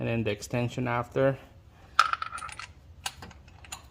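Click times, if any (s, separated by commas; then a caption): 2.0 s. Someone talks, then a steel socket extension is pushed into a spark plug socket for the hard-to-reach rear spark plug of a 2015+ Subaru 2.0L engine during a compression test. The extension seats in the socket as its retaining detent clicks at 2.0 s, followed by a few lighter metallic taps.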